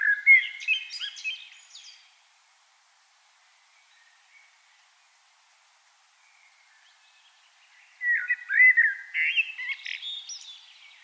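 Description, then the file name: Common blackbird song: two phrases of mellow whistles and high, scratchy twitters, separated by a long quiet gap. "Turdus merula"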